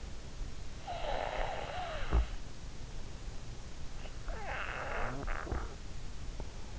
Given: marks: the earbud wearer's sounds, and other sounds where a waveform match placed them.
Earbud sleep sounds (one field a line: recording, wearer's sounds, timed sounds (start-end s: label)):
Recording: sounds in sleep by an in-ear microphone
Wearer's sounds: breath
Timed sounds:
0.07-2.52 s: breath
4.13-6.13 s: breath